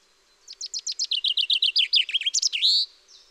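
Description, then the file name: Common chaffinch song, cascading chips becoming a trill and closing with a flourish; a faint short note follows. "Fringilla coelebs"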